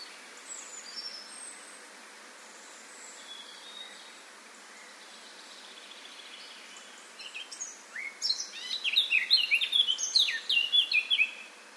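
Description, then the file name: Eurasian blackcap: a few soft high notes for several seconds, then after a pause a sudden burst of fast, scratchy, jumbled warbling notes. "Sylvia atricapilla"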